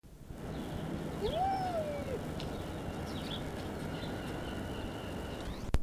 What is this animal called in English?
Raccoon Dog